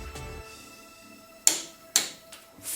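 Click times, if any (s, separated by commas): 1.5 s, 2.0 s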